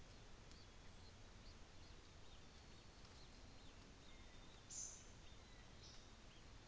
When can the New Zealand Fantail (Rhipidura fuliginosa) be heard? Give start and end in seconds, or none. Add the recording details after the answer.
4.57-5.29. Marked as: faintness 2/5. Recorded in New Zealand on 24 December 2018. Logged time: 13:30